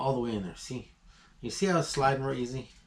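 A rifle component is being slid all the way into an SKS FAB Defense tactical stock or receiver while someone talks, with the part sliding more easily once it is lined up. Nothing has seated or clicked yet; the part is expected to snap into place, and if it doesn't, it needs its angle changed.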